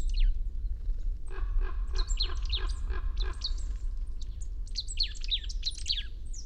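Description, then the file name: Marsh tit calls, a row of harsh buzzy notes repeated several times, then a flurry of high sharp chips, over low rumbling noise. "Poecile palustris"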